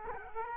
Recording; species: mosquito wingbeat signal from an infrared sensor; Culex quinquefasciatus